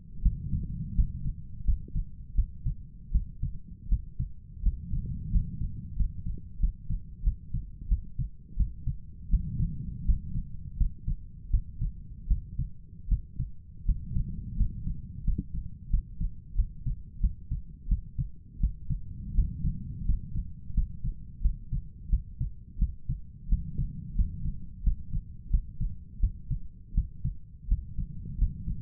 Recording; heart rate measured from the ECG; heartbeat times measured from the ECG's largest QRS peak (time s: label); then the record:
heart sounds by stethoscope; 85 bpm
0.23 s: heartbeat
0.95 s: heartbeat
1.65 s: heartbeat
2.35 s: heartbeat
3.12 s: heartbeat
3.89 s: heartbeat
4.63 s: heartbeat
5.31 s: heartbeat
5.96 s: heartbeat
6.60 s: heartbeat
7.24 s: heartbeat
7.89 s: heartbeat
8.57 s: heartbeat
9.30 s: heartbeat
10.05 s: heartbeat
10.77 s: heartbeat
11.51 s: heartbeat
12.28 s: heartbeat
13.09 s: heartbeat
13.86 s: heartbeat
14.57 s: heartbeat
15.24 s: heartbeat
15.90 s: heartbeat
16.56 s: heartbeat
17.21 s: heartbeat
17.88 s: heartbeat
18.60 s: heartbeat
19.35 s: heartbeat
20.06 s: heartbeat
20.74 s: heartbeat
21.42 s: heartbeat
22.10 s: heartbeat
22.79 s: heartbeat
23.49 s: heartbeat
24.16 s: heartbeat
24.83 s: heartbeat
25.50 s: heartbeat
26.20 s: heartbeat
26.94 s: heartbeat
27.68 s: heartbeat
28.38 s: heartbeat
From the record:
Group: healthy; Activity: rest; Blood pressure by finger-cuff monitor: 132/74 mmHg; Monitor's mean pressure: 87 mmHg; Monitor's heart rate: 86 bpm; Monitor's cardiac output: 7.7 L/min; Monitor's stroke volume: 89 mL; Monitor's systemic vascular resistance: 830 dyn s/cm5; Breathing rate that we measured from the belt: 13 breaths a minute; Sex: male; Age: 23 years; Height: 179 cm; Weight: 87 kg